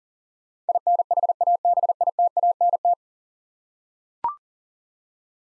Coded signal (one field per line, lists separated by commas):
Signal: Morse code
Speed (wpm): 40 wpm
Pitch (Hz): 700 Hz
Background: none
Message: INHABITANT